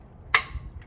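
The lock mechanism on the second side of a Lokk Latch Deluxe gate latch is turned fully to one side and gives a sharp, bright click at 0.4 s as it engages into the locked position. A much fainter tick follows near 0.8 s, and the latch is confirmed locked.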